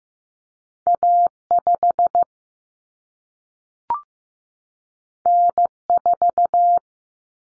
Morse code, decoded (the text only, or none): A5 N4